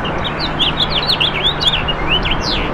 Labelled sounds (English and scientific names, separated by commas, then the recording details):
House Finch (Haemorhous mexicanus) song
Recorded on Long Island, New York, on 8 June 2012
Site AS
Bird A